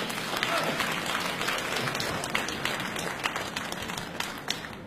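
Sustained audience applause at a Beijing Television comedy sketch competition, welcoming contestant number three and the entry "Jia li de shi er" from the Yancheng Cultural Center, Jiangsu; a dense, steady wash of many hands clapping with a few sharper claps standing out, loud and continuous with no voices rising above it.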